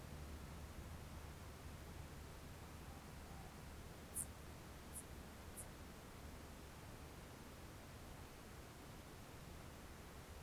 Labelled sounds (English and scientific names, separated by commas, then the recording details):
Morepork (Ninox novaeseelandiae) more-pork call
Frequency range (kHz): Morepork (Ninox novaeseelandiae) 0.5-1.4 kHz
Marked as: faintness 5/5
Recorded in New Zealand on 1 June 2017
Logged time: 19:46
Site Taranaki